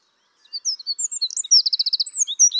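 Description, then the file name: Eurasian wren song, quick high twittering notes leading into a fast dry trill, then further sharp chips. "Troglodytes troglodytes"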